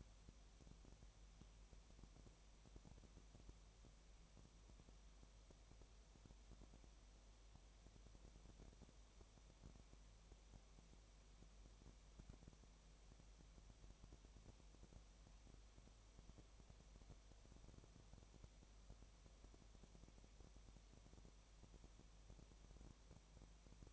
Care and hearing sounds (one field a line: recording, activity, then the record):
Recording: daily activity, microphone in the room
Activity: no activity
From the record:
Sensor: 1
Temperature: 19.7 degrees Celsius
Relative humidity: 37.0%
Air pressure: 1007.2 hPa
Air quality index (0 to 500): 144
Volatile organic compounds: 5 ppm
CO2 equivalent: 1762 ppm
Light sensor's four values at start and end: 1/2/1/1 and 1/2/1/1